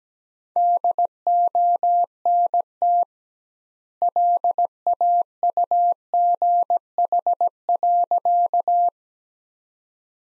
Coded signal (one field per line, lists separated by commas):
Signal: Morse code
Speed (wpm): 17 wpm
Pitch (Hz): 700 Hz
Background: none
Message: DONT LAUGH.